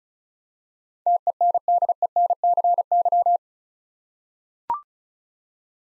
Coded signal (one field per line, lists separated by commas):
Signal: Morse code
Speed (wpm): 36 wpm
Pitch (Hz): 700 Hz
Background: none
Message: TENDENCY